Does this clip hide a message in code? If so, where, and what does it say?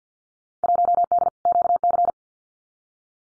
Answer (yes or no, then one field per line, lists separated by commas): yes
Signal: Morse code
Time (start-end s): 0.6-2.1 s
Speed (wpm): 50 wpm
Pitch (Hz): 700 Hz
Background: none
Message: 1D QC